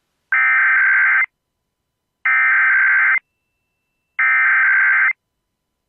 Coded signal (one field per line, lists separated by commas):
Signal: Emergency Alert System (SAME) tones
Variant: header bursts